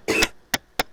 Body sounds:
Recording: coughing mixed with background sound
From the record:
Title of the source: 61 morning phlegmy cough...again

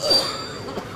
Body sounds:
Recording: coughing mixed with background sound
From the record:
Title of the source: Spring Allergy Coughing

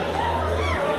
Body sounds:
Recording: background sound without coughing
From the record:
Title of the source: CITY SOUNDS Busy Bar in the Evening Night - 2 HOURS of Ambiance for Relaxation

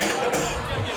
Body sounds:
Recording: coughing mixed with background sound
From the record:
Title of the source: Wet Throat Infection Cough

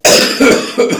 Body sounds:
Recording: coughing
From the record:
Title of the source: Spring Cold Coughing 3

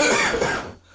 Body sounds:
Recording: coughing mixed with background sound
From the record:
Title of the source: Spring Cold Coughing 2

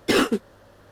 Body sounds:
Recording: coughing mixed with background sound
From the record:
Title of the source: 60 coughing still (deep and wet cough)

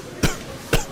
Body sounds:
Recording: coughing mixed with background sound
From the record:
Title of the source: Coughing 51

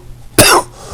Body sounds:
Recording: coughing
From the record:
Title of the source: Coughing 79

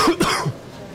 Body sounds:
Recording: coughing mixed with background sound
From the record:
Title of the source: Coughing 46

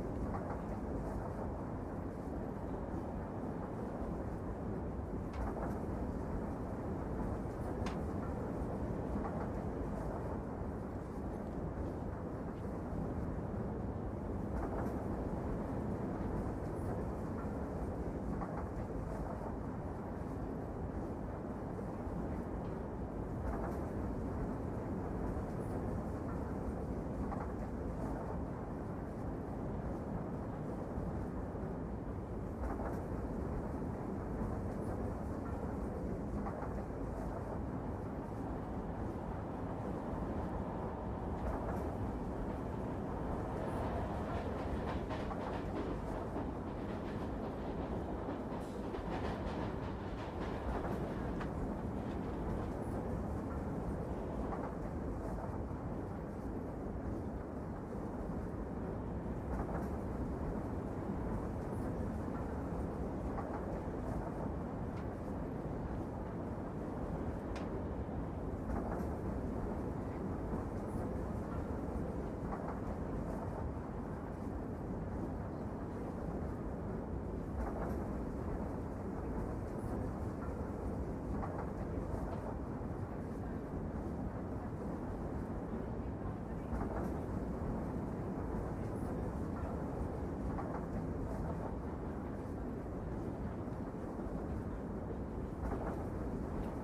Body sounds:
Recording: background sound without coughing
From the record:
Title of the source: Train Ride Ambience ambient white noise for sleeping, focus, studying, reading

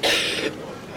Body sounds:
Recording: coughing mixed with background sound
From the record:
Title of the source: 55 gaggy wet cough

